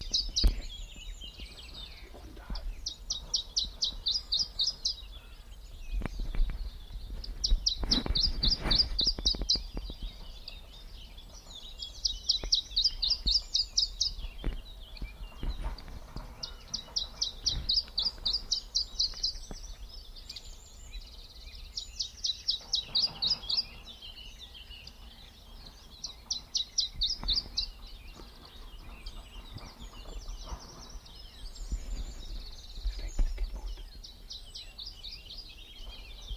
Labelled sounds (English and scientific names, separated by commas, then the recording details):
Iberian Chiffchaff (Phylloscopus ibericus)
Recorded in the wild
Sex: diverse
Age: adult
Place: Ramales de la Victoria, Nordspanien, Kantabrien, ES
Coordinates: 43.25, -3.46667
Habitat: shrubbery
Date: 1964-05-04
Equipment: Nagra III PH, Parabolspiegelmikrophon, LGS26
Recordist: Sapper and Schneider, H.-J